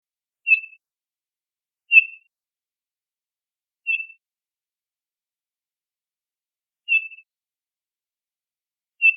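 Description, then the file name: Townsend's solitaire repeating a short, high whistled note five times at uneven intervals, with a longer pause midway and quiet background. "TOSO CALLS"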